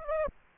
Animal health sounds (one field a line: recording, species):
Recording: mosquito wingbeat signal from an infrared sensor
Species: Aedes aegypti